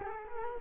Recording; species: mosquito wingbeat signal from an infrared sensor; Culex quinquefasciatus